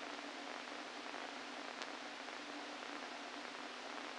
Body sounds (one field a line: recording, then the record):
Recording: brain microelectrode recording played as sound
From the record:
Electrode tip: inside the subthalamic nucleus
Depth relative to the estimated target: 1 mm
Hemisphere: left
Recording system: NeuroSet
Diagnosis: Parkinson's disease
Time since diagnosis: 13 years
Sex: male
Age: 49 years